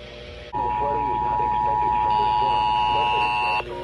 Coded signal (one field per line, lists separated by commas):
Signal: Emergency Alert System (SAME) tones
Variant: 853 and 960 Hz attention tone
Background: speech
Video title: SO.MANY.GOD.DANG.ALERTS. EAS Alert Compilation 8/19/2020 - 8/22/2020